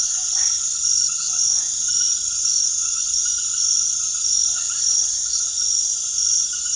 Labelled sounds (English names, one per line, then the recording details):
none
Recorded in secondary vegetation near Puerto Asís, Putumayo, Colombia, on 21 February 2024 at 21:30
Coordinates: 0.500, -76.326
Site G6428